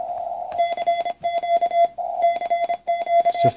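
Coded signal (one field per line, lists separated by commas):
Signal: Morse code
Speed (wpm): 26 wpm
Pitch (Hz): 2050 Hz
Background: none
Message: CQ CQ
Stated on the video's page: 20 meter QRP CW from a solar-powered Small Wonder Labs SW+ transceiver with integrated touchkeyer and audio filter.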